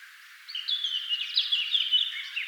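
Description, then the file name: Eurasian blackcap warbling phrase, a rapid run of varied, scratchy and clear notes that swoop up and down, starting after a short quiet pause. "Sylvia atricapilla"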